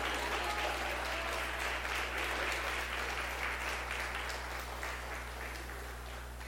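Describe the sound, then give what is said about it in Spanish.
An audience claps for the Lord during a sermon in dense, continuous applause, a broad wash of overlapping hand claps that holds for several seconds and then tapers slightly toward the end, with a low steady hum underneath. “Apláudele bien al Señor si lo vas a aplaudir.”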